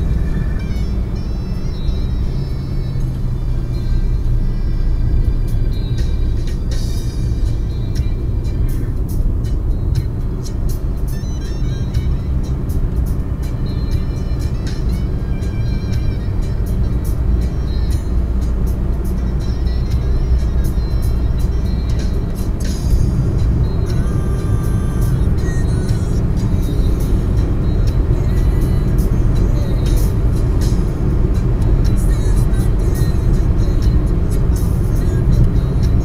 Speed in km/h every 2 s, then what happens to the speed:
120, 100, 99, 103, 108, 114, 119, 124, 128, 132, 137, 141, 145, 149, 151, 150, 147, 144.
0-4 brakes to 99. 4-26 speeds up to 149.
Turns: none.